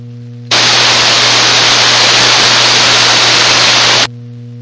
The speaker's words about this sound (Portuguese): A portadora tá aberta aí, hein?